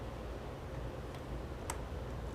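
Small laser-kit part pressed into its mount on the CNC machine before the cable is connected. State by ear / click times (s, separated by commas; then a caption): seated / 1.7 s. A small part of a J Tech laser kit is pressed slightly with a push tool into its mount on a Shapeoko4/ShapeokoPRO CNC machine, before the cable is connected. Over a steady low background hum, with a faint tick near 1.2 s, a sharp, tiny pop sounds at 1.7 s. The part is seated just right and won't pop back out.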